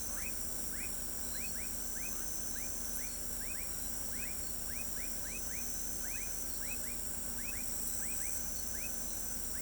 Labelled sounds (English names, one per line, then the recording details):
none
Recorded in pastures near Pivijay, Magdalena, Colombia, on 5 June 2023 at 21:00
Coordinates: 10.456, -74.369
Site P6-G026